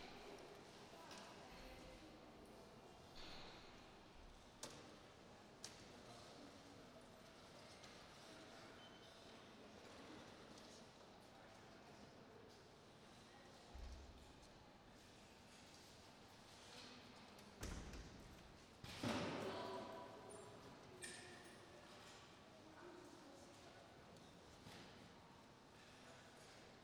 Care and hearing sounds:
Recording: everyday scene through a hearing-aid microphone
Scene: reverberant space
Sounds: background noise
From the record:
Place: railway station hall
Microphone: in the ear canal, right

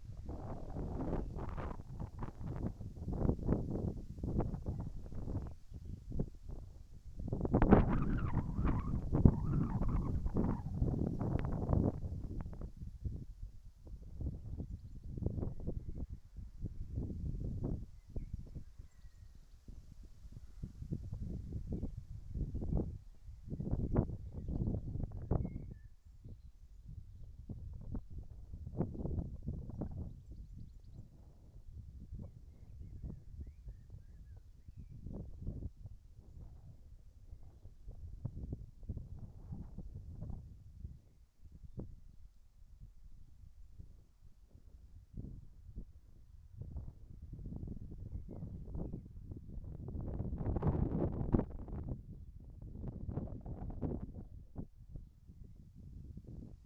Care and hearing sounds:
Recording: everyday scene through a hearing-aid microphone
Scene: wind on the microphone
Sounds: wind, whistling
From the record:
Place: in front of a rural house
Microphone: behind the ear, right, front

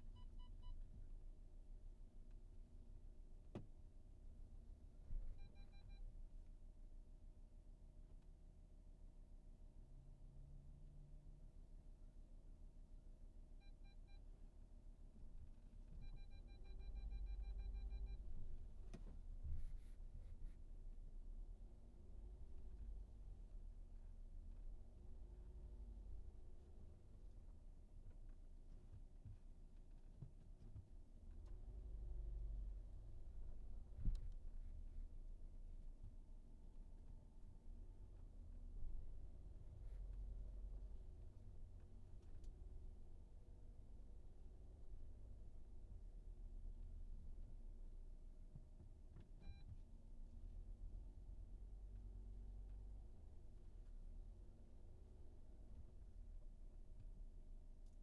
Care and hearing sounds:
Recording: everyday scene through a hearing-aid microphone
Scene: in a vehicle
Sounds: engine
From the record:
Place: VW T5 Caravelle, diesel engine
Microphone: behind the ear, right, front

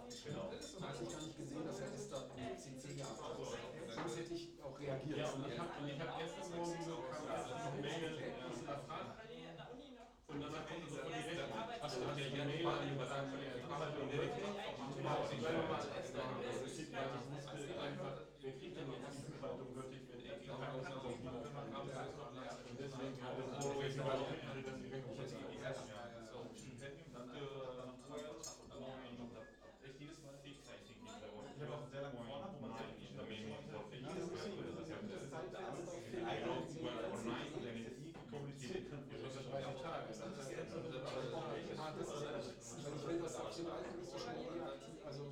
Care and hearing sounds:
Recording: everyday scene through a hearing-aid microphone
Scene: many people talking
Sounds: many voices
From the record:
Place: bistro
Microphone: in the ear canal, left

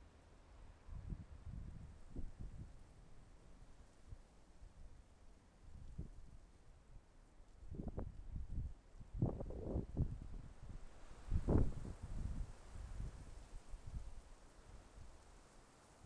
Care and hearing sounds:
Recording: everyday scene through a hearing-aid microphone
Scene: wind on the microphone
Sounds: wind, traffic, birds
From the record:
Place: suburban garden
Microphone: behind the ear, left, front

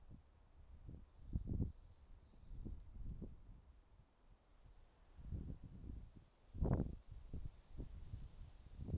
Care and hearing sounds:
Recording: everyday scene through a hearing-aid microphone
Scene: wind on the microphone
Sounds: wind, traffic, birds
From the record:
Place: suburban garden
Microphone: in the ear canal, left

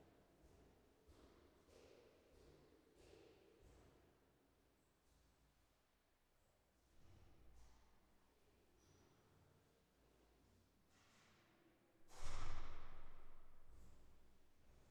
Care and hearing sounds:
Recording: everyday scene through a hearing-aid microphone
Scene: reverberant space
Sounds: background noise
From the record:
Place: staircase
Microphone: behind the ear, left, front

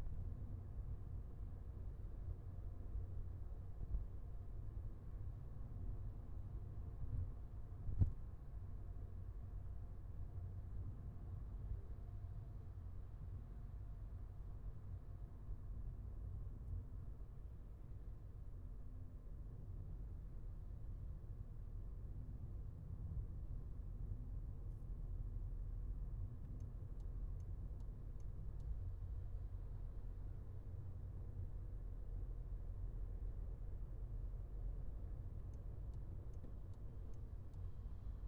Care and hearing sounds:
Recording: everyday scene through a hearing-aid microphone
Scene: in a vehicle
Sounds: engine, traffic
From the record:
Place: Skoda Fabia, gasoline engine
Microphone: behind the ear, left, front

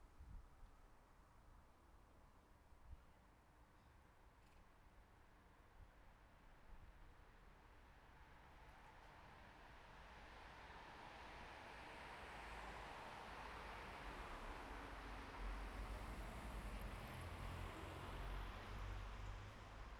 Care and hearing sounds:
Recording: everyday scene through a hearing-aid microphone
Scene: in traffic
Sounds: traffic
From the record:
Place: bus stop on a city main road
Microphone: behind the ear, right, rear

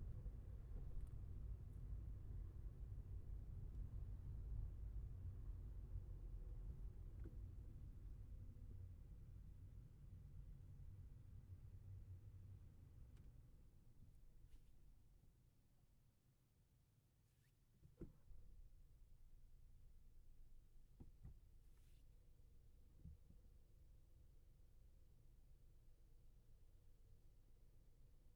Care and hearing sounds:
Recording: everyday scene through a hearing-aid microphone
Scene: in a vehicle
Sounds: engine, traffic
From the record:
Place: Skoda Fabia, gasoline engine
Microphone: behind the ear, left, front

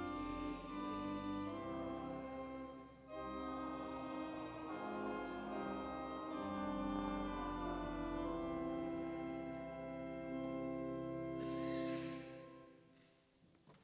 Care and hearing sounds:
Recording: everyday scene through a hearing-aid microphone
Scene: reverberant space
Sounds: music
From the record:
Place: church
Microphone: in the ear canal, left

